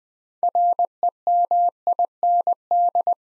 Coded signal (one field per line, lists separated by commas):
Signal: Morse code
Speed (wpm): 20 wpm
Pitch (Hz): 700 Hz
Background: none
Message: REMIND